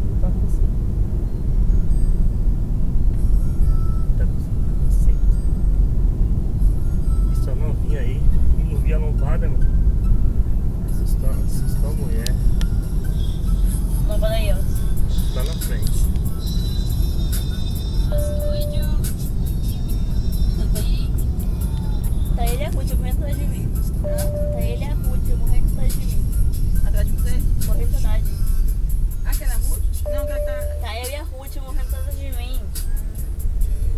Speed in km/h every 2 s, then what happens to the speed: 64, 66, 65, 66, 67, 67, 65, 63, 62, 61, 61, 59, 55, 42, 22, 9, 19.
0-10 steady at about 66. 10-29 slows to 9. 31-34 speeds up to 19.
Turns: none.